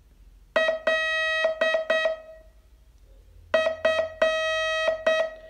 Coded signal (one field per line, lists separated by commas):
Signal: Morse code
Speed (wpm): 8 wpm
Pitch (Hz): 1900 Hz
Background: music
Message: LF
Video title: Learn Morse in 42 Days from VU2LAU - day 26